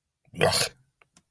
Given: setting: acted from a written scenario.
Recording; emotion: vocal sound without words; disgust